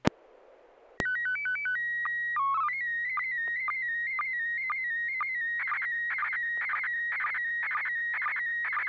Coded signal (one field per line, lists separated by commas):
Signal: SSTV (slow-scan television)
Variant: PD 120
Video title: N6NA SSTV Net - 06/18/2025